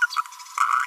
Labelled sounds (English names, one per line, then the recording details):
Green-rumped Parrotlet babbling
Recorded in a nest box in Venezuela
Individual 18B25A5